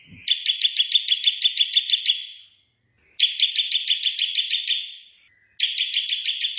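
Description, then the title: Prinia song: long trains of rapid, evenly repeated buzzy notes lasting about two seconds each, three trains in quick succession. Three song variations of a white prenjak, intended as tutoring material for pet prenjak birds. "Prenjak 3 VARIASI TEMBAKAN prenjak putih ini COCOK untuk masteran prenjak anda"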